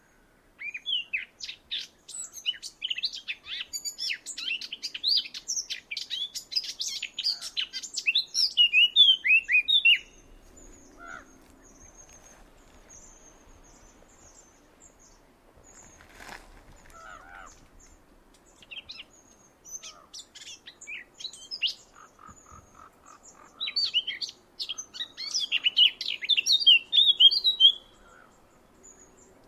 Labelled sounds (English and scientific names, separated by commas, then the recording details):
Eurasian Blackcap (Sylvia atricapilla) song
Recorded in the wild
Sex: male
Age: adult
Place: Tiuccia, Corsica, FR
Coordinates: 42.0742, 8.7375
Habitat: macchia
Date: 2011-07-18 14:57
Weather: sunny, 30°C, light to moderate westerly winds
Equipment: Fostex FR2-LE, Sennheiser ME66, Popschutz
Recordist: Frommolt, Karl-Heinz